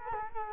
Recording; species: mosquito wingbeat signal from an infrared sensor; Culex quinquefasciatus